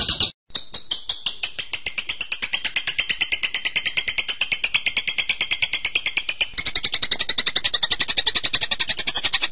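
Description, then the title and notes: Bird delivering a fast, steady stream of high, clipped chips after a brief pause near the start, growing a little louder and denser towards the end. Masteran recording used to train birds. "MASTERAN BURUNG. suarane manok"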